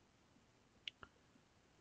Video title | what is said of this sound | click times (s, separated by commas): E Z Up Shelter Single Person Set Up | until the locking mechanism engages you'll hear a solid click | 0.9 s